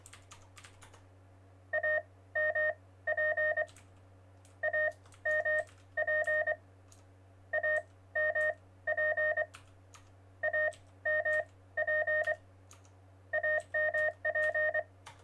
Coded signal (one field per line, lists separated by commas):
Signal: Morse code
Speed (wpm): 24 wpm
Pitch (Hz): 1850 Hz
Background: none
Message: AMP AMP AMP AMP AMP